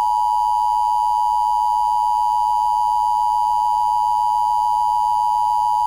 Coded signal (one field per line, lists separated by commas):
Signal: Emergency Alert System (SAME) tones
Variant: 853 and 960 Hz attention tone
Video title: EAS #705-708: 1 NWR and 3 EAS Required Monthly Tests- Oct. 20, 2022- 10:19AM PDT